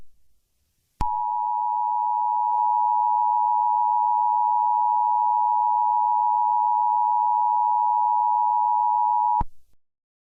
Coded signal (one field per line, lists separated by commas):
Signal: Emergency Alert System (SAME) tones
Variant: 853 and 960 Hz attention tone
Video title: Zombie outbreak (EAS scenario)